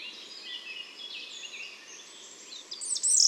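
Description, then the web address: European robin song, quiet high thin warbling that ends in a sudden loud, high squeaky phrase. "SETE Erithacus rubecula"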